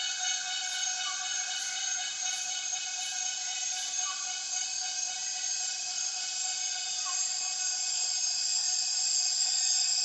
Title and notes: Intense Dusk Chorus In The Borneo Rainforest. A myriad cicadas start calling as soon as the afternoon light begins to fade in Tawau Hills NP, Borneo